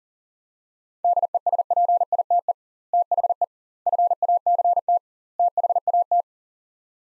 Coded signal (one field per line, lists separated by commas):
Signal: Morse code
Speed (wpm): 40 wpm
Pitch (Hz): 700 Hz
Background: none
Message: DESPITE THE FACT THAT